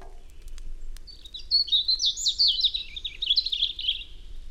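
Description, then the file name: European robin song, a sweet, hurried phrase of high thin whistles and rapid trills wandering up and down, preceded by a few faint clicks. "Erithacus rubecula"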